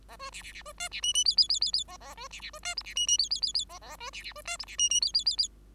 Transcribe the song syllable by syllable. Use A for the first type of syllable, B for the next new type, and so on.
A B C C C B D C E E F F F F F A A B C C B D G C E E F F F F A A B C C B D G C E E F F F F